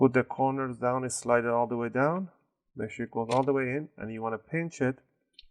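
A plastic display bezel for an HP G240 laptop is handled at its corners and slid down onto the screen lid while someone talks. Nothing has seated or clicked yet.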